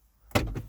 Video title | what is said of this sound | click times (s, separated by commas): 2020 Range Rover Vogue SE SDV8 4.4L - £100,000 - Honest Review | Yeah, it will. So that pops the glove compartment open. | 0.4 s